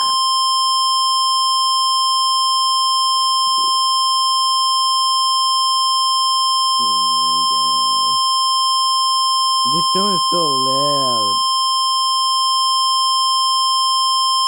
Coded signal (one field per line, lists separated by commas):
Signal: Emergency Alert System (SAME) tones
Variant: 1050 Hz attention tone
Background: speech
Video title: Reacting to angry EAS By easalert88